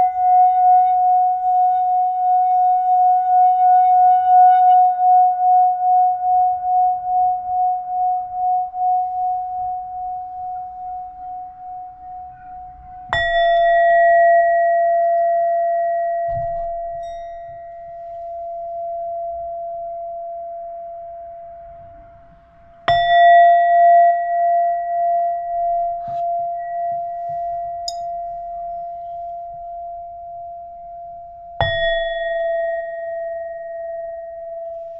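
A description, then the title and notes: A singing bowl rings in a mini sound bath. It is struck again at about 13, 23 and 31 seconds, each strike a bright ping that settles into a long, steady mid-pitched hum with a slow pulsing waver. Faint low bumps sit underneath. Heart Chakra Activation (Mini Sound Bath).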